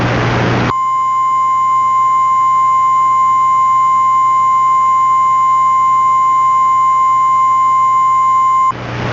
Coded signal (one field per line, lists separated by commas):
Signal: Emergency Alert System (SAME) tones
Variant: 1050 Hz attention tone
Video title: Morristown Mentioned?!?!? Tornado Warning - EAS Mock